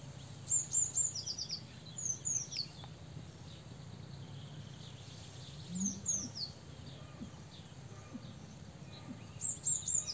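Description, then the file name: Eurasian blue tit calls: sharp high tsee notes then a rapid buzzy descending churr, heard four times throughout against a low background rumble. "Cyanistes caeruleus"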